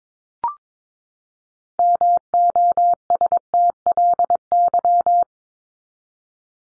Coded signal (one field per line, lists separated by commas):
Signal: Morse code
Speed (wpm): 22 wpm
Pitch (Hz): 700 Hz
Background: none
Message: MOSTLY